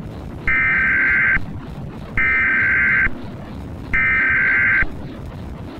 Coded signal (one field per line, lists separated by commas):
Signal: Emergency Alert System (SAME) tones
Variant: header bursts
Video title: EAS Scenario - Earth Is Out of Orbit - Emergency Alert System